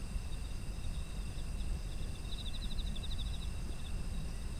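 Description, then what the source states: Insects trill steadily at high pitch. One clear run of fast pulsed chirps starts around two seconds and lasts over a second, against low background rumble. Autumn insects, ambient environmental sound.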